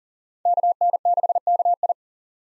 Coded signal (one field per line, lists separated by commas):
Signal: Morse code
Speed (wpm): 40 wpm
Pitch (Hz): 700 Hz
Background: none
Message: KN6KI